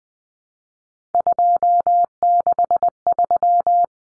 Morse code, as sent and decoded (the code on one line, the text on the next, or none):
..--- -.... ...--
263